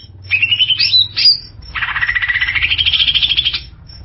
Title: Cucak ijo